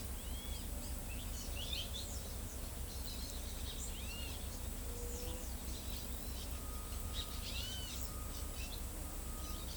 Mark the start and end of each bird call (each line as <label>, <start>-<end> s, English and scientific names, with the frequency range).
Great Kiskadee (Pitangus sulphuratus) (2.0-5.2 kHz), 7.13-7.95 s